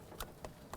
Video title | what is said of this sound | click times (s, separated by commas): How to Replace Spark Plug 2006-2013 Chevrolet Impala | you hear it auto will click and you're locked into place | 0.2 s, 0.4 s, 0.7 s